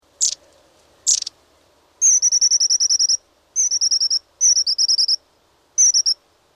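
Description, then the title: Long-tailed tit calls: two sharp thin high notes, then four bursts of rapid dry trilled rattling, each up to about a second long, in quiet surroundings. "Viikon luontoääni: Pyrstötiainen"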